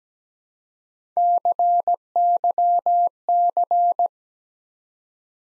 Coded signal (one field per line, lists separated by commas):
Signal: Morse code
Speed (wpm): 17 wpm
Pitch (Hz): 700 Hz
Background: none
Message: CYC